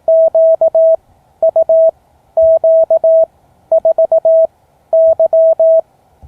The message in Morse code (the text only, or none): QUQ4Y